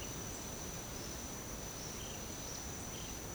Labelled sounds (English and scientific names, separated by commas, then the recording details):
none
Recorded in secondary vegetation near Puerto Asís, Putumayo, Colombia, on 18 December 2024 at 07:30
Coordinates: 0.489, -76.322
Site G059